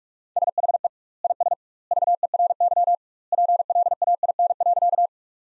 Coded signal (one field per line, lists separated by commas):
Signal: Morse code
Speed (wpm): 46 wpm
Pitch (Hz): 700 Hz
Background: none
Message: SHE IS VERY PLAIN.